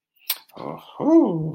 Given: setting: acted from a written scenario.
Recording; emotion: vocal sound without words; positive surprise